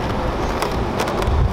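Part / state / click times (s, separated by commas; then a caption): top case lid into its lock on a touring motorcycle / not seated / none. A rider presses the top case lid of a touring motorcycle shut, and a short knock is heard around 0.6 s over steady outdoor rumble. The lid lock fails to catch, and nothing has latched or clicked yet.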